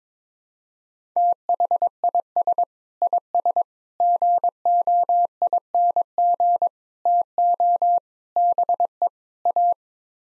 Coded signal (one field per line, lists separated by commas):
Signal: Morse code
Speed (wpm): 22 wpm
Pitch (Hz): 700 Hz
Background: none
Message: THIS IS GOING TO BE A